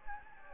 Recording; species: mosquito wingbeat signal from an infrared sensor; Anopheles gambiae